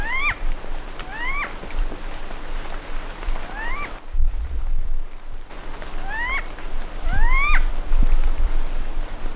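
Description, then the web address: Vasa parrot calls: rising whistled notes given singly at irregular intervals throughout, over a steady low rumble. "parrots coracopsis"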